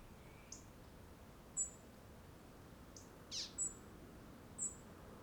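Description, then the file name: European robin giving a few thin, very high, whistled notes, spaced irregularly over several seconds, with a slightly lower, buzzier note among them against quiet background hiss. "Erithacus rubecula"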